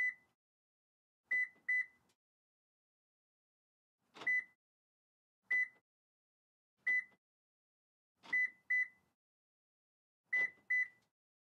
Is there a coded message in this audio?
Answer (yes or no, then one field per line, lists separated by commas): no